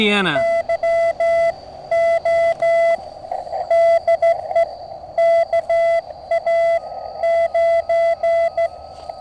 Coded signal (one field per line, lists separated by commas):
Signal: Morse code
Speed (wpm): 15 wpm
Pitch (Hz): 670 Hz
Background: speech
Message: YO DE KA9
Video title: QRP CW ~ Mountain topper QSO! MTR3B + Trail Friendly Portable Antenna